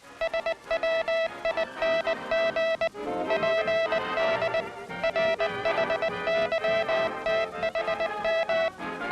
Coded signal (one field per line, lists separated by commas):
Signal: Morse code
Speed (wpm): 20 wpm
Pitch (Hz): 660 Hz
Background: music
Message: SWING PD RHYTHM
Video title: Hand sending method of International Morse code. HD Stock Footage